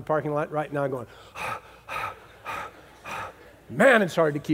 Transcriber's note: huffing